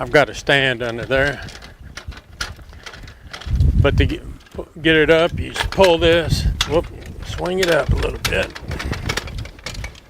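Someone talks while handling the fold-down stand on a 2026 Texas Corn Roaster trailer, pulling it up a little so it can lock into its bracket in the raised position. Brief knocks and handling sounds come through between the talking. Nothing has seated or clicked yet when the clip ends.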